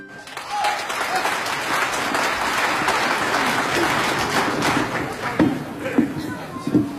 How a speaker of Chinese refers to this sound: 非常感谢朋友们的掌声， 谢谢您的鼓励， 很高兴啊，又和亲爱的观众见面了， 心里非常的激动。